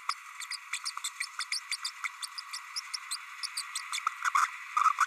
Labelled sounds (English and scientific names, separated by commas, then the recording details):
Green-rumped Parrotlet (Forpus passerinus) babbling
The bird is a male
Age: 30 days
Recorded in a nest box in Venezuela
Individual 17B32A6